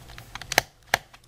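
A flathead screwdriver caught in a notch is twisted to pry the plastic clip-on access panel off the underside of a Sony Vaio T Ultrabook. A few faint ticks lead up to sharp clicks at 0.6 s and 0.9 s as the panel's clips pop open, and the panel is released.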